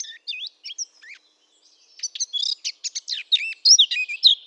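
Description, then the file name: Eurasian blackcap song: a few short whistled notes, a brief pause, then a rapid chattering warble rising to loud fluty phrases. "Sylvia atricapilla"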